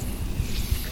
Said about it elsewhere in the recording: The air in that sleeve is slowly released. Doom, doom, doom. That's the sound of blood rushing through the arteries. The first sound you hear is the systolic blood pressure. So when that silence ends and that thumping comes in, that's the point when doctors or nurses check the gauge or meter for a systolic pressure reading.